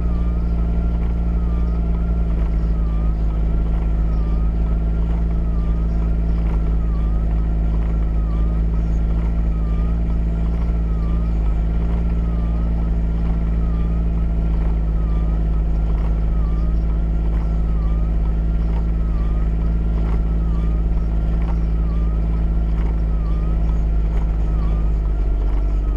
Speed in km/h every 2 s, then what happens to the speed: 8, 8, 8, 8, 8, 8, 8, 8, 10, 8, 10, 10, 6.
0-26 steady at about 8.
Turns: none.